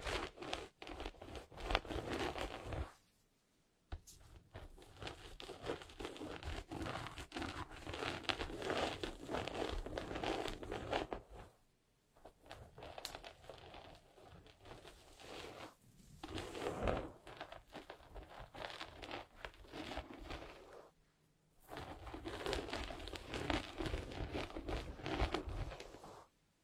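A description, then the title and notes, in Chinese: Gentle hair brushing, dense soft bristle scratching in long strokes, broken by short silent pauses near 3, 11, 16 and 21 seconds. 温温柔柔梳头发。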